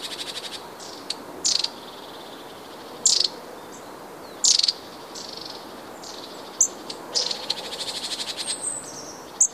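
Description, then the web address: Long-tailed tit uttering rasping buzzy high calls at irregular intervals, some short and sharp, with a faster rattling series of ticks near the end. "wroblowe kolekcja raniuszek"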